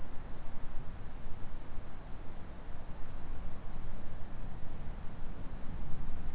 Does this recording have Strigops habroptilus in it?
no